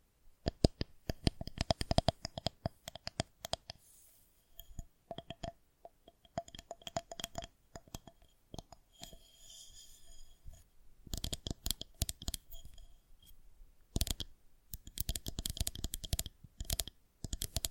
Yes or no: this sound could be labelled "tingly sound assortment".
yes